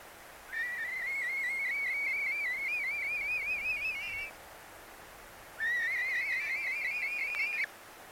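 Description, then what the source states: European honey buzzard begging calls: a long, high, wavering whistle rising slightly over about four seconds, then a second shorter whistle after a pause, with faint background hiss. Unique, mournful begging calls of the ringed young bird from the small Scottish population, recorded under licence.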